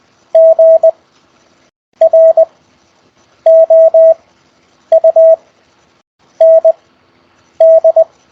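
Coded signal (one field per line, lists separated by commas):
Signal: Morse code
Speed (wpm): 20 wpm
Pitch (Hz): 650 Hz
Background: none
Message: GROUND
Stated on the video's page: Raw CW QSO practice exchanged over Skype, week eight.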